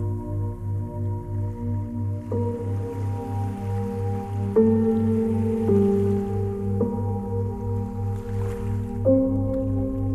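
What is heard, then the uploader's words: Soft music plays over faint, gentle waves, with sustained tones that shift to a new chord every second or two. A low, regular throb pulses steadily underneath, about twice a second, while a quiet wash of surf swells faintly in the background. Tiny Calming Waves with Music.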